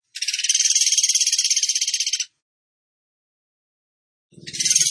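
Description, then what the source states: Bird song: a high, rapid trill of evenly repeated notes lasting about two seconds, then a long silence before another trill starts. Song in the 'tembakan gacor' style, used to train other birds.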